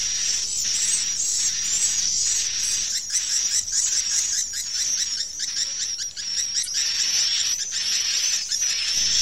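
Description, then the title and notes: Swiftlet calls: a sustained wash of high-pitched squeaks and hissy chirps, densely layered and unbroken from start to finish. Sound used in swiftlet bird farming in Asia. "Swiflet Bird Sound. Farming Swiflet Bird asia sound"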